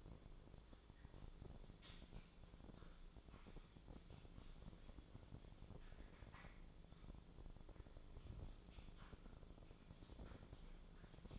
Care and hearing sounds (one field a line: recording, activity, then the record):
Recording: daily activity, microphone in the room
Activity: typing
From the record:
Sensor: 5